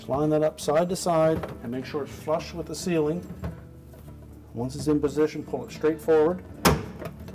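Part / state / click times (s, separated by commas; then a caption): plastic light bulb shield into a refrigerator ceiling housing / seated / 6.7 s. Someone talks while a plastic light bulb shield is lined up side to side, flush with the ceiling of a Whirlpool refrigerator's ceiling housing, then pulled straight forward. A loud, sharp snap at 6.7 s marks the shield seating into place.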